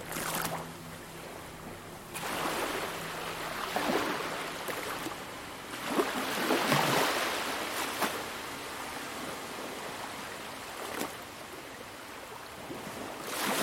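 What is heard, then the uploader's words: Waves wash onto a beach in uneven surges, the loudest rushing in around six to eight seconds, with smaller swells near two, four and eleven seconds. A low steady hum sits under the opening few seconds before fading, leaving only the hiss of water. Mystery at the Beach: Exploring the Soothing Blend of Beach Sounds and Ambient Music.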